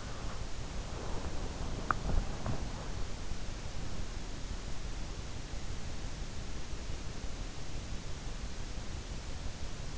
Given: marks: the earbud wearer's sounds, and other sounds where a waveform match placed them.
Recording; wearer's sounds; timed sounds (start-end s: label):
sounds in sleep by an in-ear microphone; breath, body movement
0.00-2.01 s: breath
1.42-3.06 s: body movement